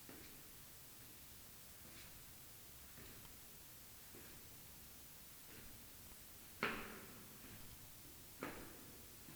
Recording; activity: daily activity, guitar pickup as the sensor; go downstairs